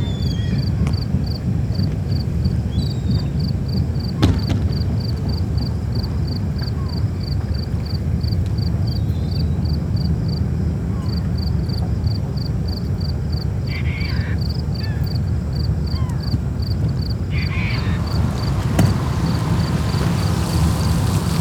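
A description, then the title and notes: Marina ambience with a steady low rumble of water and wind, a fast regular high chirping throughout, and brief bird calls near the end. Marina and the Birds - Ambience.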